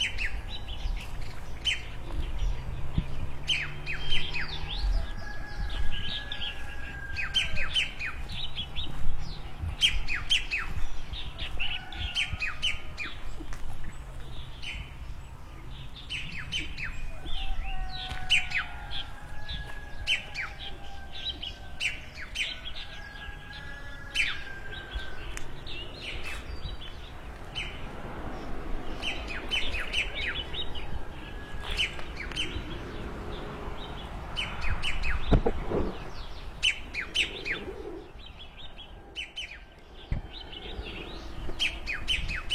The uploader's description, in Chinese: 雄赳赳的鸡公开始五六点就开始鸣叫了，小鸟叽叽咂咂互相嬉闹着，瞬间村里的看家狗也同时汪叫，毛毛细雨润无声